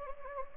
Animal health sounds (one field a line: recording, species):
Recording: mosquito wingbeat signal from an infrared sensor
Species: Anopheles gambiae